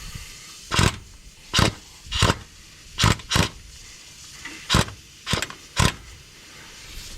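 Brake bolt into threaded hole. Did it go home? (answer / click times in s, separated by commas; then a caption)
no / none. During a brake job on a Ford Excursion 7.3, a metal brake bolt is turned by hand against its threaded hole, giving a series of short, sharp scraping bursts roughly every half second to second over a quiet background. The bolt thread fails to start and does not go in, and nothing has seated or clicked.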